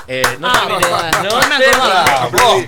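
A person claps steadily, about nine sharp, crisp claps at a brisk even pace, heard over loud overlapping voices talking throughout.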